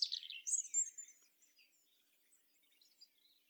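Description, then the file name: European robin song, a quick burst of high trilled and warbled notes, fading into faint scattered chirps. "Erithacus rubecula"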